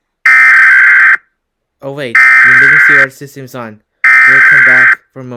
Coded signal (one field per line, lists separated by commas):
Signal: Emergency Alert System (SAME) tones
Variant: header bursts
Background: speech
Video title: [PREVIEW] EAS Scenario #3: Radioactive King